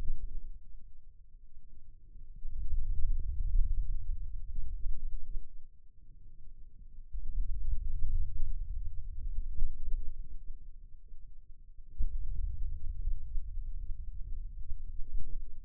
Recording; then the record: forearm muscle sounds (acoustic myography)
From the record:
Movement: hand opening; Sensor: system 2, bracelet of six BSWA MPA416 microphones around the upper forearm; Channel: 1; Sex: male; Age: 22 years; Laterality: right